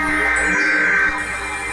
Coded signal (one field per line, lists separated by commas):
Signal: Emergency Alert System (SAME) tones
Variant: header bursts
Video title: Radio Reviews: Motorola MWR839